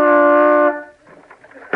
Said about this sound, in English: Well, toot the horn. We'll see if he's home.